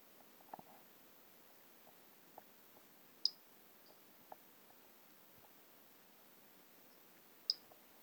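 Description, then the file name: Three-toed pumpkin toadlet giving two sharp, high pips about four seconds apart, with scattered soft clicks and steady background hiss. Individual 13, not collected, recorded by LF Ribeiro on 10 March 2016. "Brachycephalus tridactylus individual 13 not collected by LF Ribeiro 10 III 16"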